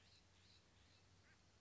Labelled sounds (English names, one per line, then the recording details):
Song Sparrow
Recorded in Sonoma County, California